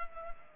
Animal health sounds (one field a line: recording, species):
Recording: mosquito wingbeat signal from an infrared sensor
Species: Culex pipiens